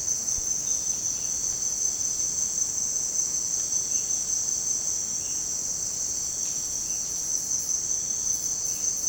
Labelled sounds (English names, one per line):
none